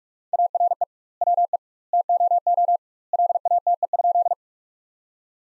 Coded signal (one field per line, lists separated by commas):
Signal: Morse code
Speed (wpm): 41 wpm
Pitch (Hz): 700 Hz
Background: none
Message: ARE WE TOO LATE?